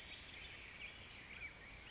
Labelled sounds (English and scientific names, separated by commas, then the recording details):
California Towhee (Melozone crissalis)
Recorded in Sonoma County, California